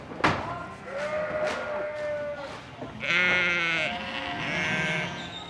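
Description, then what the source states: Sheep bleating: a sharp knock, then a long bleat followed by further bleats. Flock raised by the thousands for wool on a Tierra del Fuego farm, driven toward the central farm at shearing time; January 2008.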